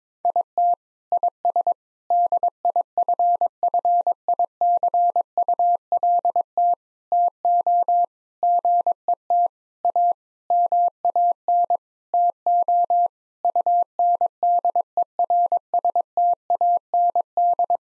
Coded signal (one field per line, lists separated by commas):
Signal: Morse code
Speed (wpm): 22 wpm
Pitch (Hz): 700 Hz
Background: none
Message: IT IS DIFFICULT TO GET A MAN TO UNDERSTAND